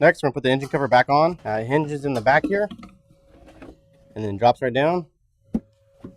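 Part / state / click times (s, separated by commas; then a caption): plastic engine cover onto engine mounts / seated / 5.6 s. While a Flowmaster Delta Force cold air intake is installed on a 2007–2008 GM truck or SUV, someone talks as the plastic engine cover, hinged at the back, is dropped down and pressed onto its engine mounts. A short, sharp snap at 5.5 s marks the cover seating back in place.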